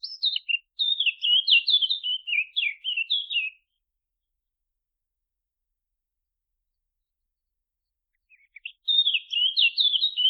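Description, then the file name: Eurasian blackcap song: a lengthy, fast, scratchy warble of varied high notes lasting several seconds, a long pause, then another warbled phrase begins, against a silent background. "Sylvia atricapilla"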